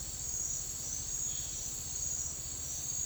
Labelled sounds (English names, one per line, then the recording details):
none
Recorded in secondary vegetation near Puerto Asís, Putumayo, Colombia, on 9 March 2025 at 09:00
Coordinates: 0.499, -76.323
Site G094